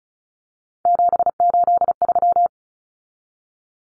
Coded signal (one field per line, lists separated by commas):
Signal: Morse code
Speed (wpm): 34 wpm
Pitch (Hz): 700 Hz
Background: none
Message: 783